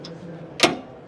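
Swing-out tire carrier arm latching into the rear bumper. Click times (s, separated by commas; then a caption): 0.6 s. After the pin is pushed in, the Expedition One swing-out tire carrier arm holding a 37-inch tire on a steel rear bumper of a 2022 Tundra is swung closed into the bumper. A faint tick at 0.05 s is followed by a sharp, loud metallic click at 0.6 s as the arm latches. The carrier locks securely in place.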